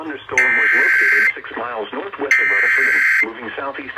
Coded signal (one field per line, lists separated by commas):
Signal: Emergency Alert System (SAME) tones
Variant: header bursts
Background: speech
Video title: SVR on WXL70 and 107.9 FM EAS #264